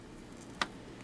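A self-tapping screw is turned backwards in a plastic case boss on a Yaesu FT-897 during a rotary encoder replacement. A single sharp click at 0.6 s marks the screw dropping into the original thread, so it is seated and ready to go in without cutting new threads. A faint tick follows near 1.0 s over low background noise.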